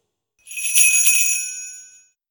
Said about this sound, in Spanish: Tendió lentamente la mano hacia el cordón de la campanilla y tiró.